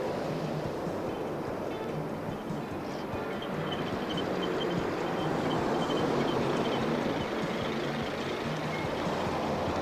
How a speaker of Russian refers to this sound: Улица. По дороге едут автомобили.